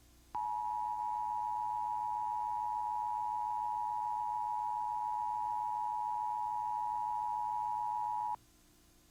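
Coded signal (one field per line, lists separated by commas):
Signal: Emergency Alert System (SAME) tones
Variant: 853 and 960 Hz attention tone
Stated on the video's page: Genuine Flash Flood Warning EAS activation taped from WFXL-TV 31 broadcast.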